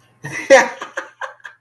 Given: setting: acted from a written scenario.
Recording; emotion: vocal sound without words; elation